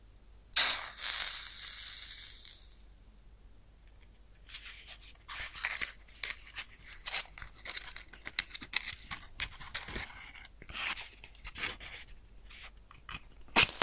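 A match strikes and flares in close up with a bright hiss that burns for about two seconds, then fades. After a short pause, irregular crackles, sizzles and small snaps follow steadily to the end, with one sharp crack just before it stops.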